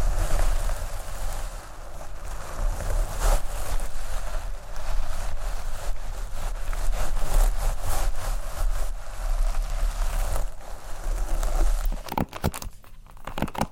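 Hair being brushed and scratched in dense, crackly strokes over a low rumble, with rapid sharp snaps clustering near the end.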